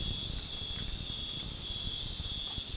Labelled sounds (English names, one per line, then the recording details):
none
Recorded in pastures near Puerto Asís, Putumayo, Colombia, on 30 June 2025 at 01:00
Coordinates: 0.466, -76.322
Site GP07